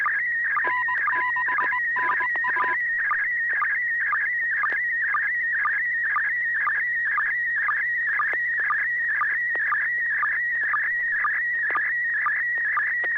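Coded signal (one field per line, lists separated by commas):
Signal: SSTV (slow-scan television)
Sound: warbling header tones, then a steady high tone with rhythmic ticking sync blips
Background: low hum, FM radio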